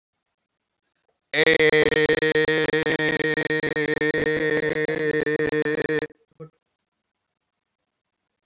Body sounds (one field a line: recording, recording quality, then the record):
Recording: sustained vowel as in made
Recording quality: moderate, slight background noise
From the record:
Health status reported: COVID-19 positive, mild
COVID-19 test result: positive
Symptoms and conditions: hypertension, diabetes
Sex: male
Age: 54 years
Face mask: not worn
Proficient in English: yes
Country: India